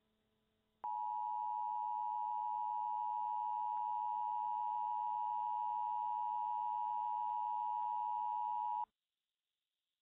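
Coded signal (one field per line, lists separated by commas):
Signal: Emergency Alert System (SAME) tones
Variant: 853 and 960 Hz attention tone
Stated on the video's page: Fictional EAS mock Law Enforcement Warning inspired by a film.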